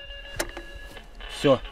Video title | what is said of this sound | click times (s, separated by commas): Russian conscripts train using rocket launchers in harsh weather conditions | Оп, все, до щелчка. Все. | 0.4 s